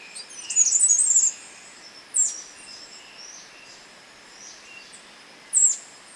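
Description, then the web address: Mountain wren giving a brief rapid high twittering phrase, then two short sharp high notes, one soon after and one several seconds later. Recorded in Ecuador. "Birds of Ecuador. Mountain Wren"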